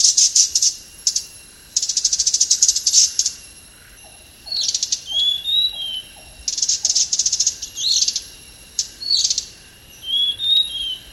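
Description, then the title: Hanging parrot chattering in long harsh high bursts and clipped whistles. A brief run of soft lower taps sounds in the middle, over a steady high hiss. "SERINDIT"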